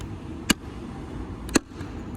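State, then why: Seated. A car side mirror glass on a TSX is pressed firmly with the palm in the middle so its hooks clip into the white plastic mount on the mirror motor. Two sharp, solid clicks sound at 0.5 and 1.6 seconds over a low background hum. The glass is seated and no longer pops off when pressed or moved around.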